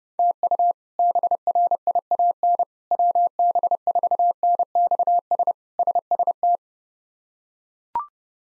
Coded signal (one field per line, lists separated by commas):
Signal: Morse code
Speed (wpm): 30 wpm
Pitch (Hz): 700 Hz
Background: none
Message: TU BRIAN WB4NXS SST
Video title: K1USN SST QSO Practice 30wpm